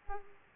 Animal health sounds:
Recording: mosquito wingbeat signal from an infrared sensor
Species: Aedes aegypti

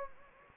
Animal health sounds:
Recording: mosquito wingbeat signal from an infrared sensor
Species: Anopheles gambiae

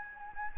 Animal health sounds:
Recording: mosquito wingbeat signal from an infrared sensor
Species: Anopheles gambiae

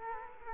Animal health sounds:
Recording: mosquito wingbeat signal from an infrared sensor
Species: Culex quinquefasciatus

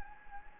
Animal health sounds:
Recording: mosquito wingbeat signal from an infrared sensor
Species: Anopheles gambiae

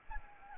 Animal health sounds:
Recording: mosquito wingbeat signal from an infrared sensor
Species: Anopheles arabiensis

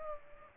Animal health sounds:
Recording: mosquito wingbeat signal from an infrared sensor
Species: Culex pipiens

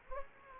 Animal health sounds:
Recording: mosquito wingbeat signal from an infrared sensor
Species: Culex quinquefasciatus

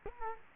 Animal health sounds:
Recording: mosquito wingbeat signal from an infrared sensor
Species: Culex quinquefasciatus

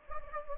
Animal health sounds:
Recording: mosquito wingbeat signal from an infrared sensor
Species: Anopheles gambiae

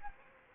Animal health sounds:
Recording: mosquito wingbeat signal from an infrared sensor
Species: Anopheles arabiensis

